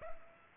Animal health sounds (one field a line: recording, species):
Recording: mosquito wingbeat signal from an infrared sensor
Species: Culex pipiens